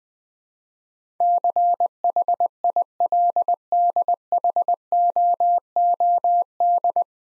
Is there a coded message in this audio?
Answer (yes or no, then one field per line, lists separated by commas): yes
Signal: Morse code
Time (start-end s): 1.2-7.0 s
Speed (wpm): 20 wpm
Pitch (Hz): 700 Hz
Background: none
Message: CHILDHOOD